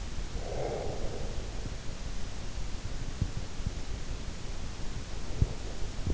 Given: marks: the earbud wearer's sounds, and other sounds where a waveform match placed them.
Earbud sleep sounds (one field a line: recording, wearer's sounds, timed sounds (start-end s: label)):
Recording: sounds in sleep by an in-ear microphone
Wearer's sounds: breath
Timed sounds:
0.36-1.65 s: breath
5.08-6.13 s: breath